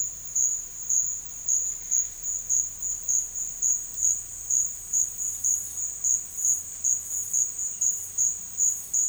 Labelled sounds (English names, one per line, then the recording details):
none
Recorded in dense forest near Puerto Asís, Putumayo, Colombia, on 13 March 2025 at 12:30
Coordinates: 0.484, -76.317
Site G064